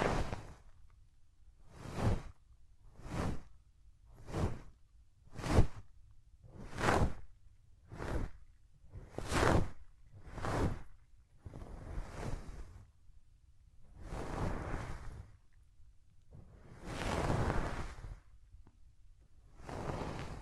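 Hands rub over the ears in quick, regular soft swishes about once a second, then slow into longer, fuller rubbing strokes near the end.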